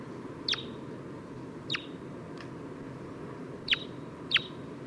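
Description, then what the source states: Red Crossbill calls: several short, sharp notes at irregular intervals over a steady low background noise. Type 2 calls; two individuals, one giving loud calls, the other weak calls.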